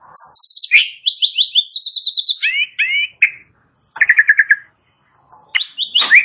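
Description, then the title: Asian pied starling song: rapid series of repeated chirps stepping down in pitch, then short whistles and a quick trill, with a pause before harsher notes resume. Starts singing in less than a minute. "Belum Satu Menit Jalak Suren Langsung Bunyi"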